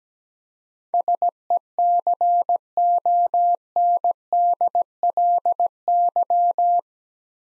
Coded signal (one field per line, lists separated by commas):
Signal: Morse code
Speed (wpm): 17 wpm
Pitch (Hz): 700 Hz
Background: none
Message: SECONDLY